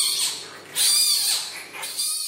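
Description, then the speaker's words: Giant panda cub cries, shrill high screechy squeals, several in succession. Newborn twin cubs, one male and one female, born Thursday morning to Ying Ying at Ocean Park, Hong Kong, after a five-hour labor; cries greeting their mother. "After a five-hour labor, her cubs greeted her Thursday morning with these screechy cries."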